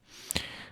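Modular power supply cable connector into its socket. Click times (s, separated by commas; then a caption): 0.3 s, 0.4 s. A modular power supply cable connector is pushed into its socket until its plastic retaining clip latches. Two sharp clicks are heard at 0.3 s and 0.4 s over a low background hiss. The connector is seated, with the clip latched.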